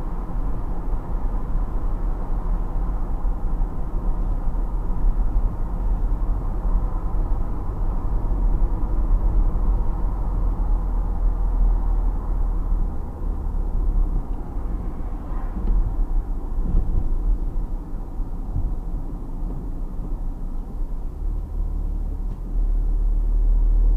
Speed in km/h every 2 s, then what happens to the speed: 62, 62, 62, 62, 61, 57, 51, 46, 38, 33, 29, 25.
0-8 steady at about 62. 8-24 slows to 25.